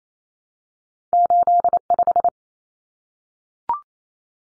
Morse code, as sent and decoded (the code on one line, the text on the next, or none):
---.. .....
85